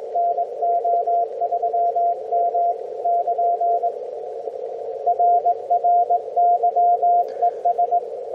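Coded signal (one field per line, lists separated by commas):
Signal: Morse code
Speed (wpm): 21 wpm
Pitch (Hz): 690 Hz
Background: radio noise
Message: NO3M <KN> RR YES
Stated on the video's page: Heard on a homebrew LowFER mobile receiver with an active whip antenna, mobile, on a cold, quiet band.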